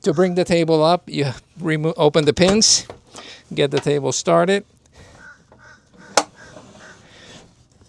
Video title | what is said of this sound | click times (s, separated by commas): 2024 Elan Impression 43 Review - The European Sailboat That Gets Everything Right | And you just pull it up until it snaps. | 6.2 s